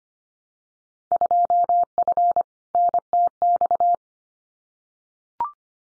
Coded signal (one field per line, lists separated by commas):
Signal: Morse code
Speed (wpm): 25 wpm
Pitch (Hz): 700 Hz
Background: none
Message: 2F NTX